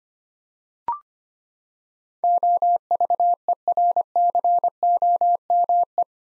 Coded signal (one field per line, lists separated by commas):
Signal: Morse code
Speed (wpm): 25 wpm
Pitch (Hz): 700 Hz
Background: none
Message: OVERCOME